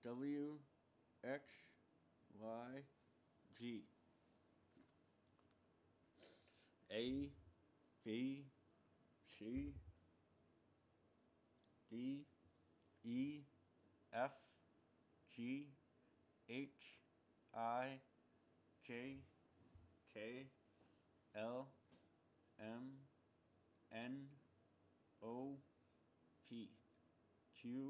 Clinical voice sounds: letters of the alphabet, spoken; constrained by a bite bar between the teeth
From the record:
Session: first day, right after the free take

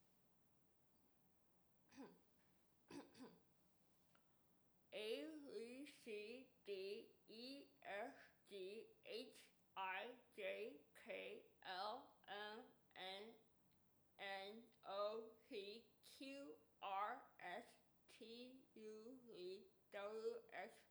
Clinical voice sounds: letters of the alphabet, spoken; constrained by a bite bar between the teeth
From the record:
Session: first day, right after the free take

